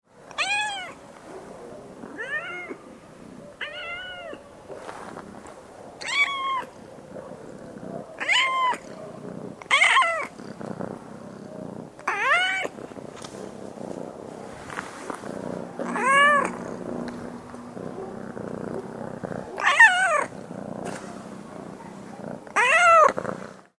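A domestic cat meows repeatedly, roughly every two to three seconds, each call a bright, rising-and-falling cry. Between the meows a soft, low purr rumbles steadily underneath, with faint outdoor quiet in the background.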